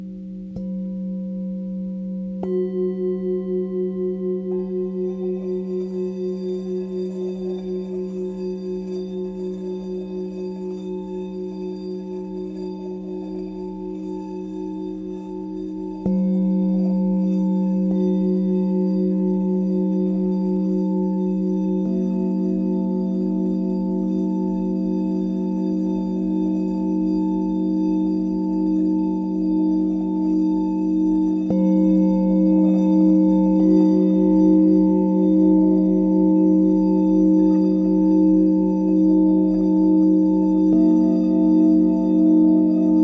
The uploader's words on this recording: Himalayan Singing Bowls. Sound from ethnomusicologist and sound therapist Alexandre Tannous.